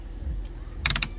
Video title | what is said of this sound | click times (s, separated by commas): Important Tips When Launching Your Boat | Okay, so we want to tighten that cap up till it clicks. | 0.9 s, 1.0 s